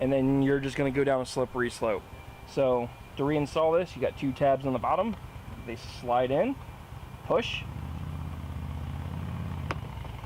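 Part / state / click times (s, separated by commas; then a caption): air filter cover on small engine housing / seated / 9.7 s. Someone talks while reinstalling the plastic air filter cover on the Briggs and Stratton 550ex engine of a Troy-Bilt mower, sliding its two bottom tabs in and pushing it home. The talk stops and a low steady hum carries on. A sharp click at 9.7 s marks the cover seating in place.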